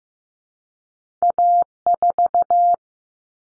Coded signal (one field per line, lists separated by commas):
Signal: Morse code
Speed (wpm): 15 wpm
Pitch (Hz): 700 Hz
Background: none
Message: A4